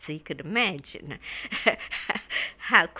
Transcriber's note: she laughs